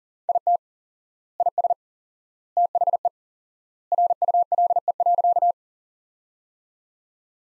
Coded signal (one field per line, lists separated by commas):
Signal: Morse code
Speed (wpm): 40 wpm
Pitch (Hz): 700 Hz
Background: none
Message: IT IS THE RULE.